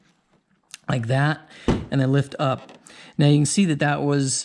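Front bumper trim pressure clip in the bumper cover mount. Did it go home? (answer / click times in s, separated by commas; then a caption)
released / 0.7 s. A hand reaches under the painted front bumper trim of a Chevrolet Corvette C7 and lifts it, so the pressure clip pops out of its mount in the bumper cover with a single sharp snap at 0.7 s. Afterward someone talks, and the clip, which had been snapped right in, is released.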